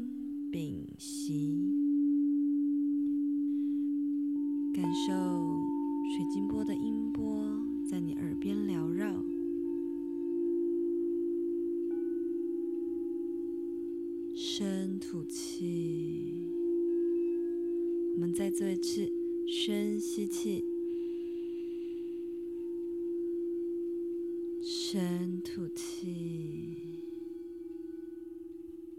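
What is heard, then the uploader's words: A crystal bowl rings with one steady, mid-low hum that holds unbroken for the whole stretch, its pitch shifting slightly near ten seconds. Short bursts of a voice cut in over it several times, around five to nine, fifteen, twenty, and twenty-five seconds. Crystal Bowl Sound Bath.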